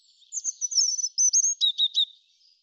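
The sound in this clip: European robin song, a high thin warbling phrase of rapid silvery notes, closing with three short emphatic figures in quick succession; no other sounds.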